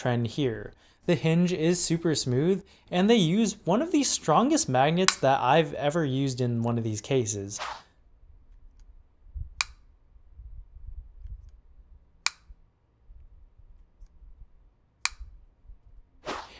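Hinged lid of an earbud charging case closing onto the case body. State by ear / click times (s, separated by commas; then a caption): seated / 9.6 s, 12.3 s, 15.1 s. Someone talks for about the first eight seconds. Then the hinged plastic lid of a Beats Studio Buds wireless earbud charging case is closed onto the case body again and again, its strong magnet pulling it shut. It closes with sharp, loud snaps at 9.6, 12.3 and 15.1 seconds, each one seating fully.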